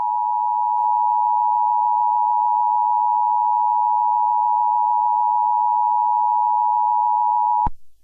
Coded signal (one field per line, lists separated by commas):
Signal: Emergency Alert System (SAME) tones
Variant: 853 and 960 Hz attention tone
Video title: Eas scenario - Evil Barney Invasion (LIPRA SEVEN RE-UPLOAD)